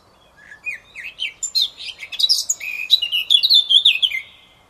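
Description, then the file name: Eurasian blackcap song with a subdued rambling warble rising in volume to clear, loud flutelike notes before fading. "Sylvia atricapilla"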